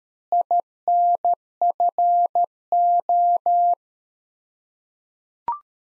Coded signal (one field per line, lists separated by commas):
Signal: Morse code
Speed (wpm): 13 wpm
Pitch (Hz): 700 Hz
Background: none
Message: INFO